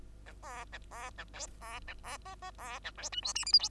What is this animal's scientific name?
Lonchura striata domestica